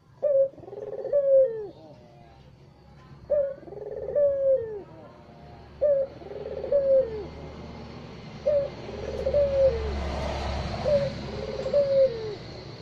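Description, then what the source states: Barbary dove giving repeated two-part coos, a sharp opening note and a longer purring coo dropping in pitch, five times, with light background hiss. Released as a masteran training recording for songbirds; white Barbary dove (puter putih).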